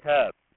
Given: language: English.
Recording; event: throat vibration sensor signal played as sound; speech